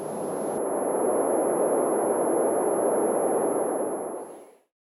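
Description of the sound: Constant high-pitched ringing over a loud rushing hiss for about four and a half seconds: a woman's simulated recreation of her own tinnitus.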